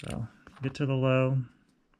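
Someone talks while handling the spring setting collar of an RC 4-shoe clutch, working it toward the low setting where it is pressed down until its pins engage. Only a faint, brief tick is heard near the end, and nothing has seated or clicked into place yet.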